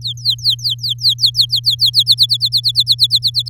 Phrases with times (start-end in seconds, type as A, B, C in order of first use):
0.01-2.03 A, 2.06-3.49 B